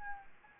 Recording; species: mosquito wingbeat signal from an infrared sensor; Anopheles arabiensis